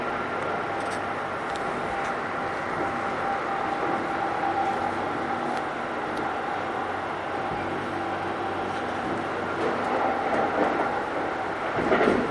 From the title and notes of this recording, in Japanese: 京急新1000形(アルミ車) 横浜〜三崎口。車体はアルミニウム合金製。VVVFインバータ制御装置は、1・2次車では2100形と同じくGTOサイリスタ素子によるドイツ・SIEMENS社製を採用、3～5次車では同じシーメンス社製であるが、使用素子はIGBTに変更され、純電気ブレーキも搭載。